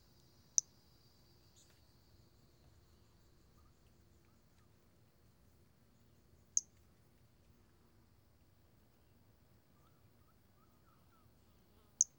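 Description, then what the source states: Brachycephalus albolineatus: three isolated, very short high-pitched notes spaced roughly six seconds apart against a quiet background with a faint hum. Individual 03, example 02; specimen collected.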